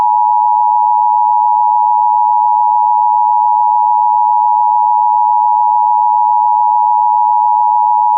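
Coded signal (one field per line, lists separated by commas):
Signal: Emergency Alert System (SAME) tones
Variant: 853 and 960 Hz attention tone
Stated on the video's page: Flash Flood Warning alert tones aired on TV station WNEP.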